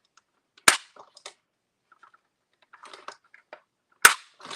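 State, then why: Seated. Parts of a large plastic toy fighter jet, likely wing or panel parts, are moved and clicked into their mating positions on the jet. Two sharp, crisp clicks ring out at 0.7 s and 4.1 s, with quieter plastic handling rattles and ticks between them. Each part snaps firmly into place with a nice positive click.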